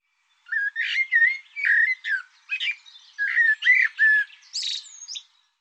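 Bird song, a long run of whistled notes and short warbled chirps mixed together, closing with a high sharp note.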